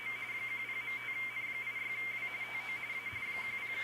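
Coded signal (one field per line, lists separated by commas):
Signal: RTTY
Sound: rapid warbling two-tone chatter around 2 kHz, continuous over hiss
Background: radio static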